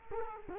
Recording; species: mosquito wingbeat signal from an infrared sensor; Culex quinquefasciatus